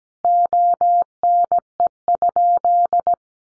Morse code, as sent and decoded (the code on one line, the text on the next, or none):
--- -. . ..--..
ONE?